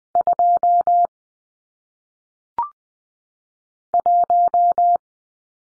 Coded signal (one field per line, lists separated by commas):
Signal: Morse code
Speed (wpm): 20 wpm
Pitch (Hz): 700 Hz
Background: none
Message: 2 1